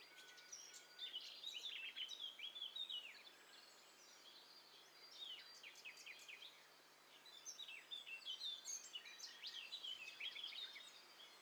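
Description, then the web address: Several birds calling at once, a dense chorus of high chirps, trills and short whistled notes overlapping throughout, with brief lulls near four and seven seconds. Several birds calling at once; stereo. "Hi Fi STEREO BIRD COCKTAIL PARTY Challenge"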